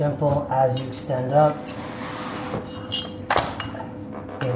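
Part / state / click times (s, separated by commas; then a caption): telescoping ladder section lock pin in the ladder rail / seated / 3.6 s, 4.4 s. Someone talks as a section of an Ohuhu telescoping aluminium ladder is pulled up, extending the ladder. The locking pins in the ladder rail snap into place with sharp clicks at 3.6 s and 4.4 s, and the section locks.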